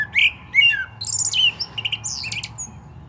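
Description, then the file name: Common blackbird song with short fluted notes at the start giving way to a long run of thin, scratchy high twittering. "Turdus merula"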